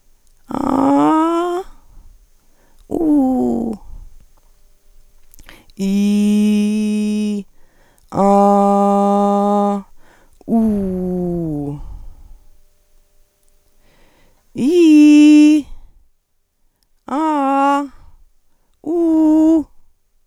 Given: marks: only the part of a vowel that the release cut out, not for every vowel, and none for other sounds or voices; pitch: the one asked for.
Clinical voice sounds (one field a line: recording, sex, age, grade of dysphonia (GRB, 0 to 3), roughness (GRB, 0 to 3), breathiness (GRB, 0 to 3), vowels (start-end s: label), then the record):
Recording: sustained vowels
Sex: female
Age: 40 to 49 years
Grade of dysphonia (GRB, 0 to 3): 2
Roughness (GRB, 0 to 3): 0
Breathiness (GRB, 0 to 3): 0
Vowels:
0.65-1.52 s: vowel /a/, high pitch
3.01-3.61 s: vowel /u/, high pitch
5.93-7.28 s: vowel /i/, low pitch
8.34-9.63 s: vowel /a/, low pitch
10.58-11.64 s: vowel /u/, low pitch
14.64-15.52 s: vowel /i/, low-high-low pitch
17.18-17.75 s: vowel /a/, low-high-low pitch
18.94-19.55 s: vowel /u/, low-high-low pitch
From the record:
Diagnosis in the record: hyperfunctional dysphonia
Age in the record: 49 years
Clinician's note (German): Leichte Form